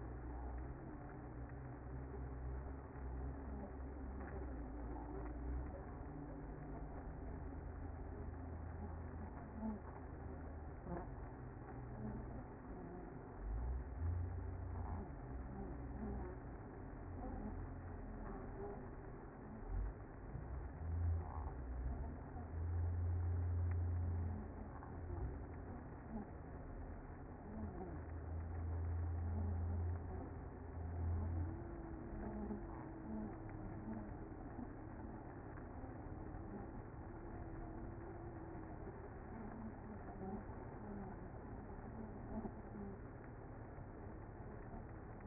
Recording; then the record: honeybee colony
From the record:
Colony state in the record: active